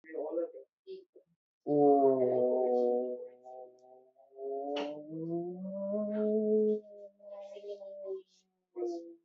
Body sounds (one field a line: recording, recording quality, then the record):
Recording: sustained vowel as in boot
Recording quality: moderate, slight background noise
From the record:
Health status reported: recovered from COVID-19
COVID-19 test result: negative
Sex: male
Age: 28 years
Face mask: worn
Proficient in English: yes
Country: India